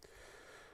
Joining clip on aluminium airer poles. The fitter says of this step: So that just locks into place.